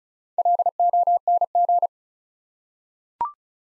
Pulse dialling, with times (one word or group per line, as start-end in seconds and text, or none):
none